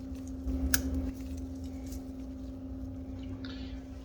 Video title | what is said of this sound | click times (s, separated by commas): My Masterbuilt Gravity Series issues fixed | slide it back in place and you want to apply pressure until you hear it click in place | 0.7 s